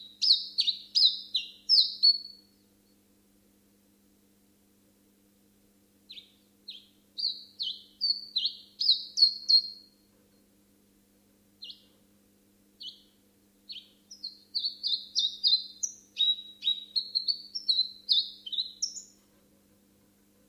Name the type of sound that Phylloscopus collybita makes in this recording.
song